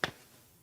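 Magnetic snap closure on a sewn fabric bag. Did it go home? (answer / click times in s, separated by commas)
yes / 0.0 s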